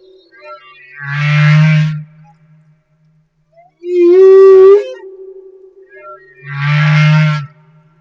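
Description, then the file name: Humpback whale song alternating deep, rough moans with a higher upswept wail that holds steady, the units coming about every three seconds. Madagascar. "Humpback Whale - Madagascar Whale One"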